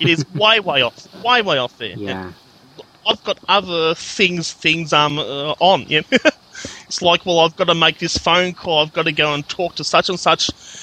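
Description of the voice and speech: Adult man speaking with repeated syllables and words, and stretched sounds between pauses, fitting stuttered speech.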